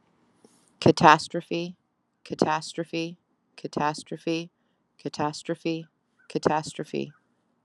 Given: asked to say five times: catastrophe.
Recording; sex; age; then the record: repeated word; female; 30 to 39 years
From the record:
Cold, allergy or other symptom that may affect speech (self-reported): no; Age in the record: 39 years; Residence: Alabama, United States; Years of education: 12